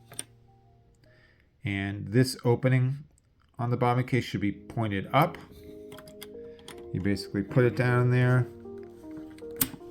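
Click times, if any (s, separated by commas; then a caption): 9.6 s. A metal bobbin case is lowered, opening pointed up, into the side-loading hook of a Baby Lock BLQP (Jane, Accomplish) sewing machine that needs cleaning, and pushed home. Someone talks over background music, and a sharp click at 9.6 s marks the bobbin case seating in place.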